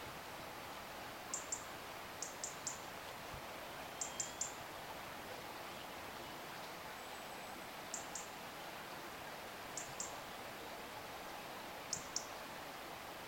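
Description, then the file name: European robin giving very high, thin, clipped call notes in pairs and triplets, repeated every couple of seconds over a steady hiss of background noise. "Erithacus rubecula"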